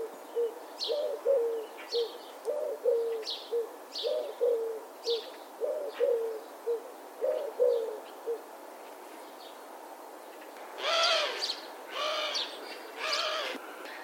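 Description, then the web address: Bird calls: a steady series of low hooting double notes, then three loud, harsh, rasping calls near the end. "Deverinetal 2025. Bird Only"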